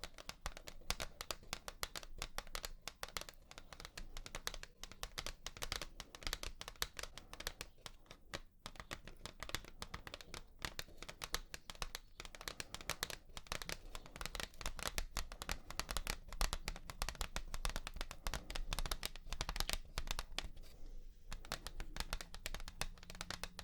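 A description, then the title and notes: Rapid tapping runs throughout, a dense, fast patter of light crisp clicks with no real pauses. The taps stay fairly even in loudness, with a brief thinning just after twenty seconds, over a faint low hum underneath. 100% Tapping.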